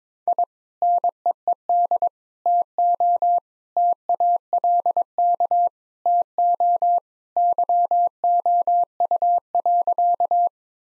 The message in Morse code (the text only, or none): I NEED TO TALK TO YOU.